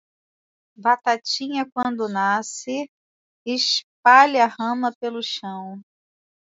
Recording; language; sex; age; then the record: short text; Brazilian Portuguese; female; 30 to 39 years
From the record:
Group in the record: control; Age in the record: 39 years